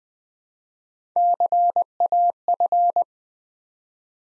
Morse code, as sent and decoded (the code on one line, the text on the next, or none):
-.-. .- ..-.
CAF